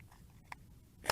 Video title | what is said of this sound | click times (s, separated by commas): Foldable Wifi FPV Altitude Hold Phone App Control Drone FQ777 FQ31 | clip and it locks into place and | 0.5 s, 1.1 s